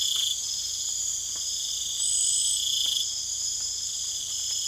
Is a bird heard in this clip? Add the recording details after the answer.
no. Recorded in secondary vegetation near Puerto Asís, Putumayo, Colombia, on 24 June 2025. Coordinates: 0.488, -76.319. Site G094